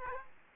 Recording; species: mosquito wingbeat signal from an infrared sensor; Aedes aegypti